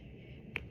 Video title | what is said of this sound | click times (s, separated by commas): Norditropin GH Injection Training | okay so you hear the click and then we're going to leave it in for another um 6 to 10 seconds | 0.6 s